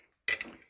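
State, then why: Released. A homemade puller held in a vise draws a press-fit steel wrist pin out of the small end of a connecting rod from a 4.9L engine. After near silence, a sharp metallic pop at 0.3 s marks the pin breaking free and unseating, followed by a second smaller clink and a brief ringing decay. The pin is released from the rod.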